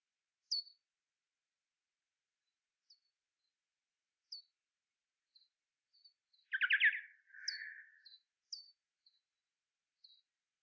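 Bats calling: sparse, thin, high downslurred chirps every second or two, with one loud rasping squawk burst in the middle followed by a softer buzzy note.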